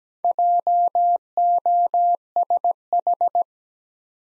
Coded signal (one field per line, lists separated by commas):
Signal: Morse code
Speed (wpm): 17 wpm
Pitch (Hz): 700 Hz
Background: none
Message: JOSH